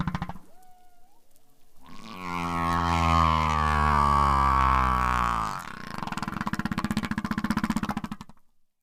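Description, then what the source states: Humpback whale song unit, a long low harmonic moan held for several seconds, followed by a fast pulsed buzzing phrase. Male song; novel songs may make a male stand out to females, but males tend to conform to the local song type.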